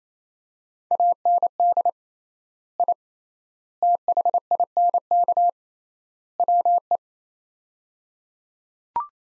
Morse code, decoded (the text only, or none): AND I THINK WE